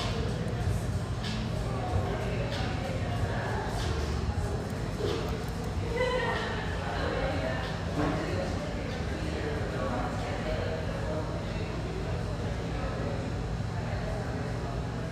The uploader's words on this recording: Sellwood, Portland, Oregon. Family-oriented, high-ceilinged java joint near Portland's Willamette riverfront.